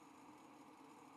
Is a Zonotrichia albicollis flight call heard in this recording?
no